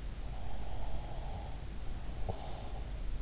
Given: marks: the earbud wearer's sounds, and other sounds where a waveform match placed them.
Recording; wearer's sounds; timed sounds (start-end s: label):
sounds in sleep by an in-ear microphone; breath
0.07-3.19 s: breath